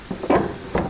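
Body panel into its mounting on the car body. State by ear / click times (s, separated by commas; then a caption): seated / 0.8 s. A body panel on a car under rebuild is pushed and knocked into its mounting on the car body, with a few dull knocks early on and a louder one near 0.3 s. A single sharp hit at 0.8 s marks the panel clicking into place, seated.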